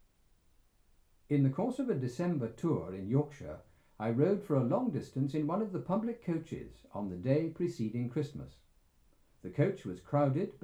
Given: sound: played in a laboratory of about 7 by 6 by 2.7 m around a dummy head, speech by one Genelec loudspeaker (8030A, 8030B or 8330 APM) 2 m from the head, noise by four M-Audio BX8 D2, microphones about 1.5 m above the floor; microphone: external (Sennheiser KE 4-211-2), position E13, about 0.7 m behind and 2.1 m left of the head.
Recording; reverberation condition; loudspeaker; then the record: male speech in English; low; 90 degrees to the left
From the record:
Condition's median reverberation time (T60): about 310 ms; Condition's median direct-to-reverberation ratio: about 3.5 dB